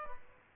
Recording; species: mosquito wingbeat signal from an infrared sensor; Aedes albopictus